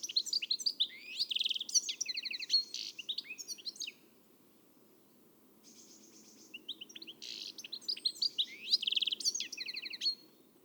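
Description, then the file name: European goldfinch giving two phrases of rapid, liquid twittering with buzzy trills and sliding chirps, separated by a short quiet gap. "Carduelis carduelis"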